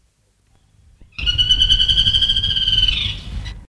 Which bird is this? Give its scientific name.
Dinopium benghalense